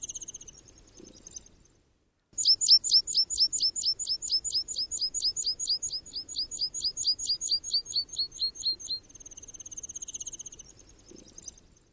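Bird calls: a long, fast series of high, sharp, downslurred notes, about four per second, with fainter thin trills before and after and a low rustle beneath.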